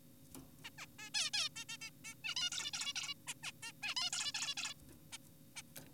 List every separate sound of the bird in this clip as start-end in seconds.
0.64-0.70, 0.78-0.86, 0.99-1.10, 1.14-1.30, 1.34-1.49, 1.56-1.65, 1.69-1.77, 1.82-1.90, 2.04-2.14, 2.24-2.34, 2.36-2.50, 2.52-2.71, 2.74-2.93, 2.96-3.14, 3.27-3.34, 3.43-3.52, 3.63-3.72, 3.82-3.94, 3.97-4.10, 4.13-4.32, 4.35-4.55, 4.57-4.74, 5.12-5.18, 5.56-5.62